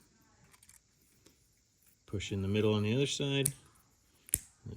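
Someone talks while a 3D-printed plastic snap-together connector is pushed in the middle on the other side of a bridge section, with faint taps and handling noises before the speech. A sharp click at 4.3 s marks the plastic snap-fit seating home, followed by a brief rustle.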